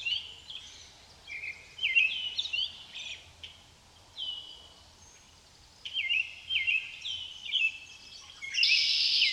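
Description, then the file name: Common blackbird song: mellow fluted phrases in quick succession, some sliding downward, ending in a loud scratchy high twitter. Recorded in the countryside at a pond. "Amos Pond Blackbirds"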